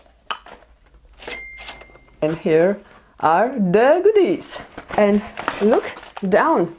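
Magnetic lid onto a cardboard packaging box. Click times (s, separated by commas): 0.3 s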